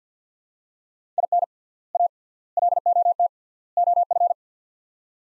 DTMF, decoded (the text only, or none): none